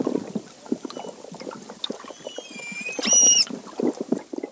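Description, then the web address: West Indian manatee call: faint thin tones build toward one loud, brief harmonic squeak midway, surrounded by constant underwater popping and crackle. "Natures Songs S America Mammals of the Rainforest West Indian Manatee"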